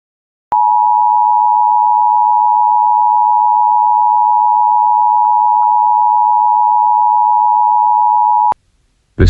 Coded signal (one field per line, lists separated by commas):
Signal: Emergency Alert System (SAME) tones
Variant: 853 and 960 Hz attention tone